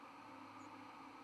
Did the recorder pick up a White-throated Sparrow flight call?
no